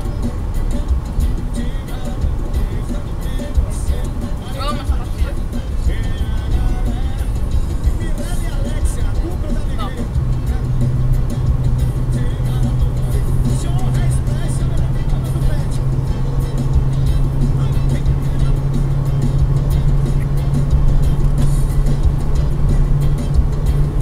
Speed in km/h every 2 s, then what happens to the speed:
123, 119, 116, 117, 118, 120, 124, 128, 132, 135, 137, 140.
0-7 slows to 117. 7-24 speeds up to 140.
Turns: none.